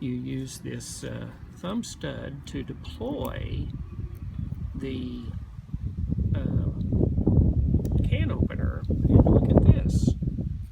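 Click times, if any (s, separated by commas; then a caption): none. Someone talks while handling the knife blade of a metal multi-tool, using the thumb stud to deploy the blade toward the handle's liner lock, with a few faint handling ticks under the voice. The blade has not yet locked into place on the liner lock; nothing has seated or clicked.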